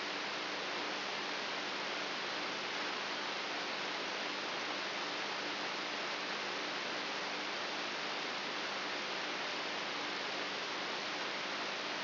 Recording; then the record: brain microelectrode recording played as sound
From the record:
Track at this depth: inside the subthalamic nucleus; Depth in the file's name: 1.24 mm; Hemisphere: right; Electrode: 3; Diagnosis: Parkinson's disease